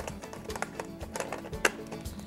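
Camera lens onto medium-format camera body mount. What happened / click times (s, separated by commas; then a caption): The lens bayonet clicked into place / 1.6 s. An 80 mm f/2.8 lens is lined up red dot to red dot on a Mamiya 645 Pro medium-format camera body and twisted until its bayonet locks, engaging the aperture metering pin. Soft taps and scrapes of the lens against the mount come at about 0.6, 1.2 and 1.3 s, with music in the background. A sharp, loud click at 1.7 s marks the lens seating into place.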